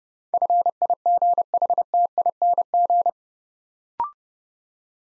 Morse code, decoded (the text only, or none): FIGHTING